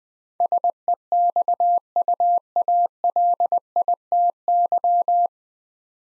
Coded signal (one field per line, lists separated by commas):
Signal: Morse code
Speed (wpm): 20 wpm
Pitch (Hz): 700 Hz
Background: none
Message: SEXUALITY